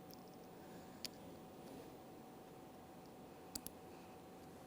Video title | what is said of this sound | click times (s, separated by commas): How to Install Tow Mirrors 2007-2017 Ford Expedition | Listen for an audible click and give it a light tug, confirming it's properly secured. | 1.1 s